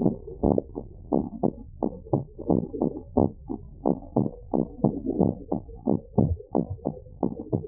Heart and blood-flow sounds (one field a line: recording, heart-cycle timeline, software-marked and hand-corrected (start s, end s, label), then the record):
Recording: heart sounds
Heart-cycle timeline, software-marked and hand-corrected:
0.00	0.05	systole
0.05	0.15	S2
0.15	0.45	diastole
0.45	0.57	S1
0.57	0.75	systole
0.75	0.81	S2
0.81	1.13	diastole
1.13	1.23	S1
1.23	1.43	systole
1.43	1.51	S2
1.51	1.83	diastole
1.83	1.91	S1
1.91	2.11	systole
2.11	2.21	S2
2.21	2.51	diastole
2.51	2.59	S1
2.59	2.79	systole
2.79	2.87	S2
2.87	3.17	diastole
3.17	3.29	S1
3.29	3.47	systole
3.47	3.55	S2
3.55	3.87	diastole
3.87	3.97	S1
3.97	4.17	systole
4.17	4.27	S2
4.27	4.59	diastole
4.59	4.69	S1
4.69	4.91	systole
4.91	5.01	S2
5.01	5.39	diastole
5.39	5.49	S1
5.49	5.71	systole
5.71	5.81	S2
5.81	6.19	diastole
6.19	6.35	S1
6.35	6.57	systole
6.57	6.65	S2
6.65	6.99	diastole
6.99	7.09	S1
7.09	7.29	systole
7.29	7.37	S2
7.37	7.68	diastole
From the record:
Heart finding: normal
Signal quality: good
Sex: male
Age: 62 years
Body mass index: 24.2